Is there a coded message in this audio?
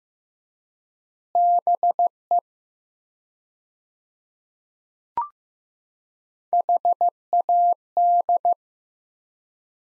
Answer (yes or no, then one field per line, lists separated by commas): yes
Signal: Morse code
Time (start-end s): 1.4-8.5 s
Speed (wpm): 15 wpm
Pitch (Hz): 700 Hz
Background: none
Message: BE HAD